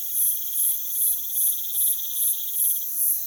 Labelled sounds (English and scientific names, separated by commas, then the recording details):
none
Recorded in pastures near Puerto Asís, Putumayo, Colombia, on 25 June 2025 at 04:30
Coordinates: 0.487, -76.322
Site H26